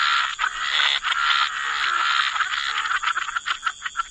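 Frogs calling in a continuous buzzing chorus that loosens into quick separate croaks near the end, with steady hiss throughout.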